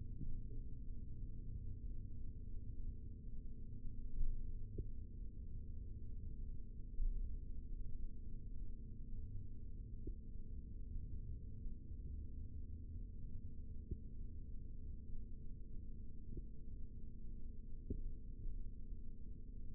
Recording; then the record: forearm muscle sounds (acoustic myography)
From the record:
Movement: rest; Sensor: system 3, bracelet of six PUI Audio POM-2738L microphones around the upper forearm, with dedicated amplification and filtering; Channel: 3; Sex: male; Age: 23 years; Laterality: right